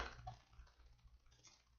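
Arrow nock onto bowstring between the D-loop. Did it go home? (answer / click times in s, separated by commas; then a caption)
yes / 0.3 s. An arrow's plastic nock is slid onto the bowstring between the D-loop until it snaps on, with a small click at 0.3 seconds showing the arrow is held firmly. Quieter handling sounds follow, and the arrow ends up seated on the string.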